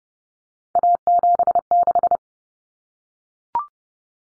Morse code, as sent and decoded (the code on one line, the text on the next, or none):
.- --... -....
A76